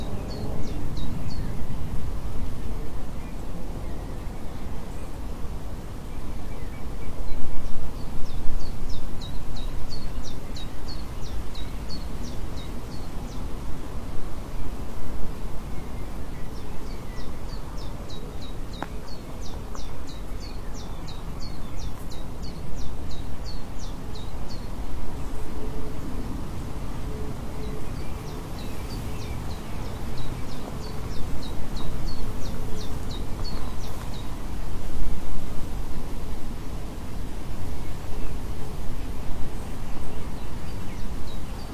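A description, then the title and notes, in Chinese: Wind rushes steadily through the whole recording, a dense low roar with rustling bamboo leaves mixed in. A bird repeats a quick series of high chirps in bursts, around 8, 16–22 and 29–35 seconds, over the constant windy backdrop. 风声 鸟叫声 竹叶摇动的声音 白噪音。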